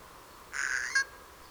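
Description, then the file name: Eurasian jay giving a single harsh, rasping screech lasting about half a second, ending in a brief louder note. "Garrulus glandarius"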